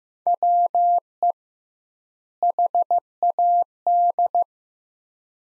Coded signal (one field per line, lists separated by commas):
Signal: Morse code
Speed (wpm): 15 wpm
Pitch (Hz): 700 Hz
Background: none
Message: WE HAD